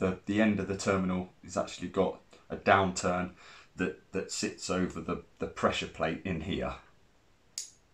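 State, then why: Seated. Someone talks while pushing a crimped metal terminal into a plastic connector housing; the terminal's tongue springs out and its downturned end snaps over the pressure plate to lock it. After the talk stops, a short, sharp click is heard at 7.6 s as the terminal seats in the housing.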